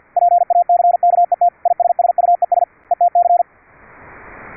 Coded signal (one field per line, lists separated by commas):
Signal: Morse code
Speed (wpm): 50 wpm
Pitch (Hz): 700 Hz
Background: radio noise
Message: PACKET ISSUES ETC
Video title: QUISK SDR APP for VLF RF over ip on MUMBLE - CW at 10 Khz with QUISK SDR RCVR has several advantages